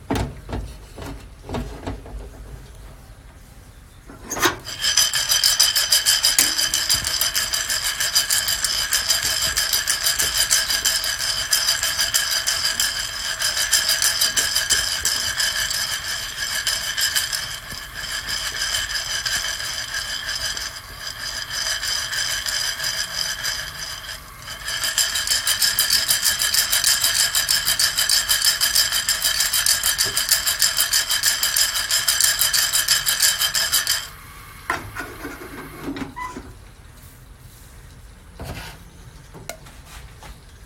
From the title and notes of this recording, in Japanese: 今朝は”グアテマラSHB”を焙煎。